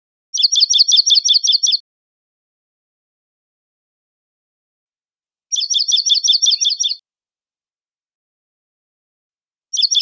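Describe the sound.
Dark-eyed junco trill: a quick, even run of about eight high musical notes lasting over a second, repeated after long silent gaps.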